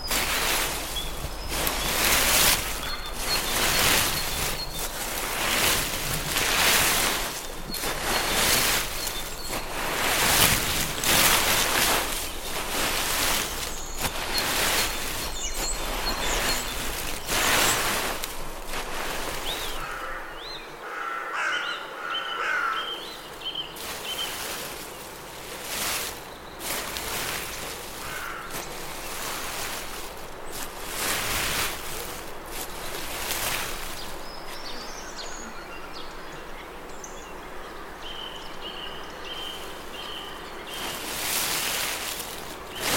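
Leaf sweeping fills the first twenty seconds with steady, rhythmic brushing strokes, each a dry rustling swish. The sweeping then stops and a quieter park scene remains, with a low rumble and thin bird chirps around the twenty-second mark and again near the end.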